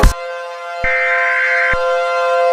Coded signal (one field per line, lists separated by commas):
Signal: Emergency Alert System (SAME) tones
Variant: header bursts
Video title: EAS Scenario #38: Minecraft Attack